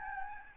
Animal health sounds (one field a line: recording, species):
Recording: mosquito wingbeat signal from an infrared sensor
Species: Aedes albopictus